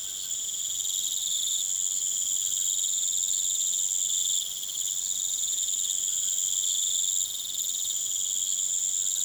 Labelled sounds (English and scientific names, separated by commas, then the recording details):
none
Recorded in pastures near Puerto Asís, Putumayo, Colombia, on 29 June 2025 at 20:00
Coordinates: 0.486, -76.323
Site H29